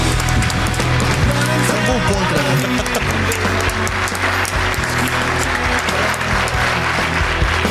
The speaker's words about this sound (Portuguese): Palmas para ele.